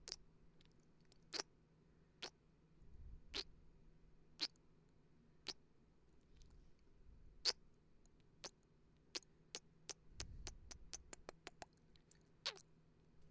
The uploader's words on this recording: ASMR Kissing Sounds. The harmonious blend of gentle lip smacking and air kisses echo in the ambience.